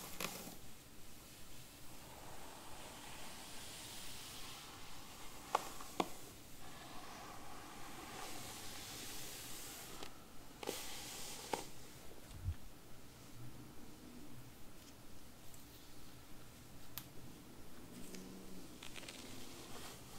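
Hair brushing and hair play make a steady, soft, bright hiss that swells and fades in repeated strokes. Stronger swishes come around five to six seconds and again near ten to eleven seconds, with a few faint clicks scattered throughout.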